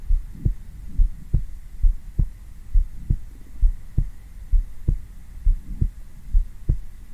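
Soft, deep paired thumps repeat steadily at about 68 beats a minute, each beat a lub followed closely by a dub, with a faint steady hum underneath: a calming heartbeat heard directly on bare skin through a black 3Dio binaural microphone, for ASMR and deep sleep.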